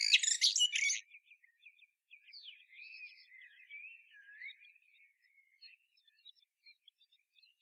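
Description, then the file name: Common blackbird singing: a loud, harsh, high twitter burst opens, followed by softer, sliding whistled warbles and scattered faint chirps. "Turdus merula"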